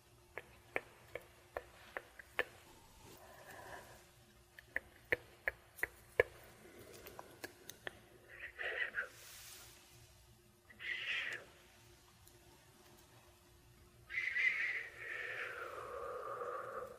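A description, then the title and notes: A scalp and face massage, starting with a run of sharp, irregular taps and clicks over the first eight seconds. After that come longer rubbing, swishing strokes near nine, eleven and fourteen to seventeen seconds, over a faint, steady low hum. ASMR Sleepy Scalp Massage & Face Massage.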